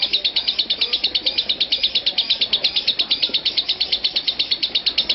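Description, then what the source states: Lovebird chattering in a regular, rapid series of squeaky high notes, without any gap. Konslet song style.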